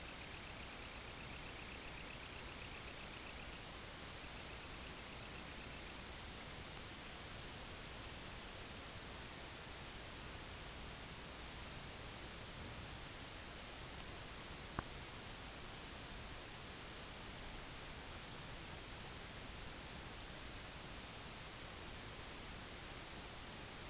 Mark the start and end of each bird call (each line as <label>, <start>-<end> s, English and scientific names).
Semipalmated Sandpiper (Calidris pusilla), 0.00-6.16 s